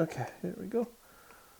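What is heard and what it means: A female XLR cable end is handled at the socket of a condenser microphone while someone talks briefly, followed by quiet low rustling. The clip ends before the connector goes home, so nothing has seated or clicked yet.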